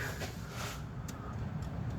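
A wiring harness electrical connector is handled onto a component on the engine of a 2004 Toyota Sienna during timing belt reassembly. A steady low background rumble is broken by a brief faint tick near 1.1 seconds. Nothing has seated or clicked yet.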